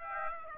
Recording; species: mosquito wingbeat signal from an infrared sensor; Aedes aegypti